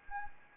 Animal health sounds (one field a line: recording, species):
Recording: mosquito wingbeat signal from an infrared sensor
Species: Anopheles arabiensis